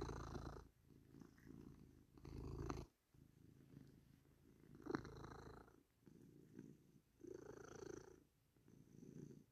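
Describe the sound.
Cat purr, deep rumbling in breathy pulses, louder bursts alternating with softer stretches.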